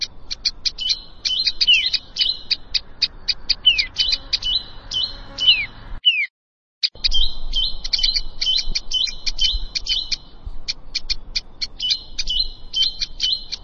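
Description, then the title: Prinia: energetic stream of short chirps and buzzy phrases with several falling notes, interrupted by about a second of silence before continuing. "Ciblek Sawah"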